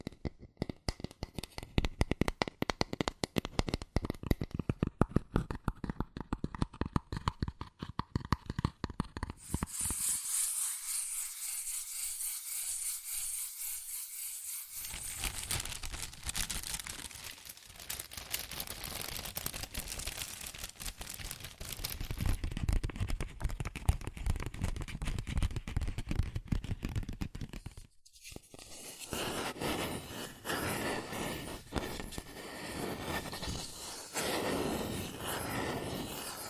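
Rapid tapping and scratching on cardboard and paper, dense dry clicks that shift into steadier rough tracing strokes, with a brief pause near 28 seconds.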